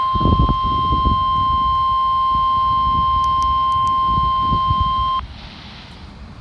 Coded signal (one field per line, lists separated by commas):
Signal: Emergency Alert System (SAME) tones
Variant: 1050 Hz attention tone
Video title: Required weekly test EAS#163